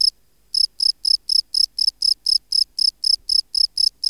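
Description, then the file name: Field cricket giving shrill pulsed chirps evenly at about four per second, after a short gap near the start. "Gryllus campestris"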